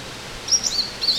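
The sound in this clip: Bird chirps: a quick run of sharp, very high twittering notes, closing with a slightly louder chirp, against light background hiss.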